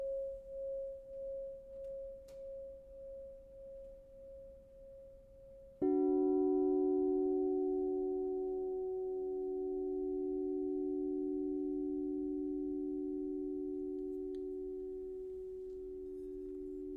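A crystal singing bowl hums a pure pulsing tone, then a second, lower bowl is struck near six seconds and rings on, slowly wavering.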